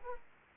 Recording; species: mosquito wingbeat signal from an infrared sensor; Aedes aegypti